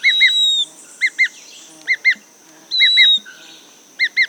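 Bird calling in quick chirp pairs, separated by a couple of thin downward whistles, with a steady faint high tone underneath.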